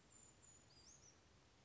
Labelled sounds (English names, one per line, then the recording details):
Western Flycatcher
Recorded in Sonoma County, California